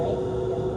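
During a scuba class setup, a low-pressure hose quick-connect is being handled at its fitting on the BCD inflator or regulator. Only a steady low hum with a constant tone near 380 Hz and broad background noise is heard, with no sharp hits. Nothing has seated or clicked yet.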